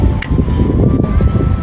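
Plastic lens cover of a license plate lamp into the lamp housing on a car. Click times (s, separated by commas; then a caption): 0.2 s. The plastic lens cover of a license plate lamp on an N-BOX JF3, held by two claws, is pressed back into the lamp housing over a steady low background hum. One sharp click sounds at 0.2 s, and the cover is seated so it won't come out.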